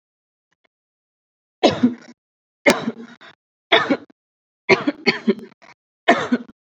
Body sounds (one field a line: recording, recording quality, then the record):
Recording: heavy voluntary cough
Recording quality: excellent, no background noise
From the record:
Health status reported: recovered from COVID-19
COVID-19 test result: positive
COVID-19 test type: RT-PCR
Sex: female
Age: 26 years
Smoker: no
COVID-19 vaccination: both doses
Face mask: not worn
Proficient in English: yes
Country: India